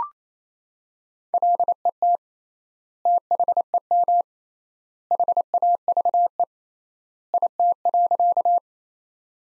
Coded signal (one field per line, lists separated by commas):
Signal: Morse code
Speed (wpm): 27 wpm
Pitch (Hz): 700 Hz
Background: none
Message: LET THEM HAVE IT.